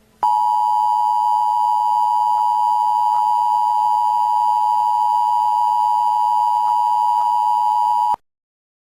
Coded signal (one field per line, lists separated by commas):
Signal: Emergency Alert System (SAME) tones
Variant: 853 and 960 Hz attention tone